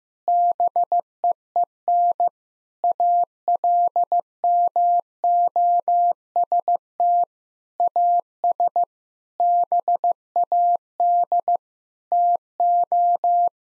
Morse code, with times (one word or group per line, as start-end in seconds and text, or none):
0.3-2.3 BEEN
2.8-7.2 ALMOST
7.8-8.8 AS
9.4-11.6 BAD
12.1-13.5 TO